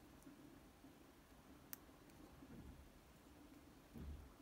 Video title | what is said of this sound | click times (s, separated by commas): Repairing a damaged connector on my Commodore Datasette | there's a nice click | 1.7 s